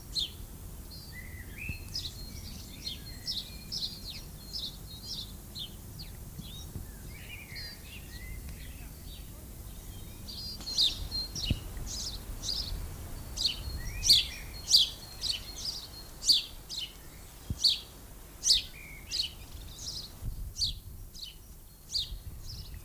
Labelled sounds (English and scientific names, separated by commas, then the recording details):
House Sparrow (Passer domesticus) song
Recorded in the wild
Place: Lübars, Berlin, DE
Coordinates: 52.6167, 13.35
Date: 2004-04-04 13:32
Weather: overcast, 14°C
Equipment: Fair Mate ST-1328 (Asahi Electronics, Japan), Sennheiser ME 80, Kopie Uher 4000 Report Monitor
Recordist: Tembrock, Günter